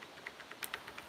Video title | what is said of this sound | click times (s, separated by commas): Sweet Citrus Easy Peasy Lemon Squeezy Step Gift Box or Card | you're gonna flip it okay and you can hear it lock see | 0.6 s, 0.7 s